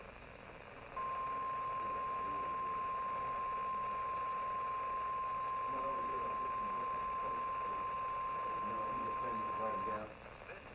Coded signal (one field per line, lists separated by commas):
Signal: Emergency Alert System (SAME) tones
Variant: 1050 Hz attention tone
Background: speech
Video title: Alert Capturing Compilation again EAS #81 - 131